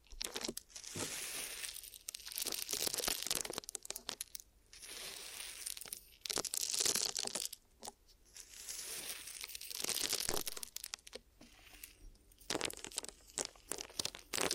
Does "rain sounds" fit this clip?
no